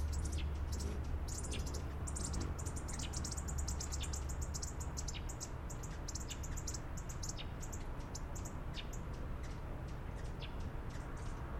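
Costa's Hummingbird giving sharp, high ticking notes in a rapid, uneven series over steady low background noise.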